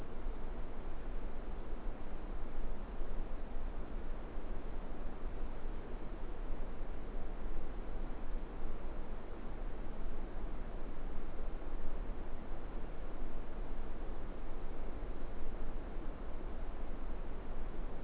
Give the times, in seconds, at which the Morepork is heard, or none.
none